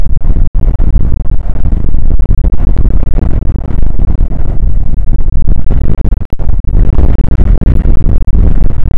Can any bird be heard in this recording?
no